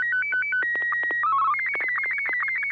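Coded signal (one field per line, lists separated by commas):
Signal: SSTV (slow-scan television)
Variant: Martin 1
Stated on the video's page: SSTV net on an FM repeater at 441.30 MHz, pictures sent with MMSSTV software.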